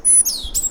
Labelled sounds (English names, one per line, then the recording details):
Stitchbird song
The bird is a male
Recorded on Tiritiri Matangi Island, New Zealand, in 2005
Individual 1, of nest box 1